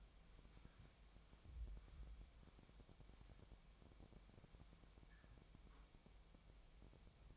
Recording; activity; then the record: daily activity, microphone in the room; wipe stove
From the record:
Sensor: 1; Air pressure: 1007.1 hPa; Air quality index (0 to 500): 204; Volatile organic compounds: 22 ppm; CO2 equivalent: 2755 ppm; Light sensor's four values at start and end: 13/33/13/15 and 13/33/13/15